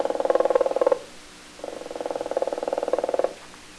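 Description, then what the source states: Flamingo calls: two buzzy, rapidly pulsed bursts, each about a second or more long, separated by a short pause. Flamingo brood.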